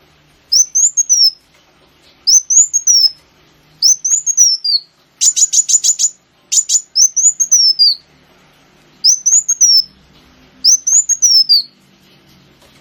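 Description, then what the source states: Sunbird song: high thin phrases that rise then slide down, repeated with short gaps, with one burst of rapid buzzy notes midway; nothing else audible. Local name kolibri wulung; recording used as a lure (pancingan) to attract birds.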